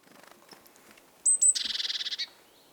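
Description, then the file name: Great tit call: two very high, thin whistled notes followed by a harsh, buzzy churring rattle of about a dozen quick pulses, over faint background ticking. "Parus major"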